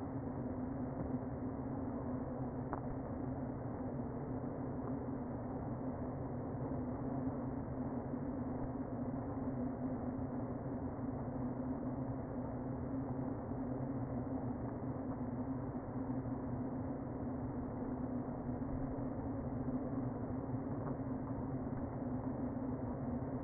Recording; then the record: honeybee colony, microphone inside the hive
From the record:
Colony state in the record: queen present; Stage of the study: before two queens were removed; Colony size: about 60,000 bees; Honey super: yes